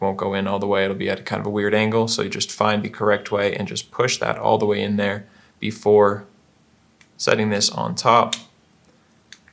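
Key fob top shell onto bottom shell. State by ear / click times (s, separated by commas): seated / 9.3 s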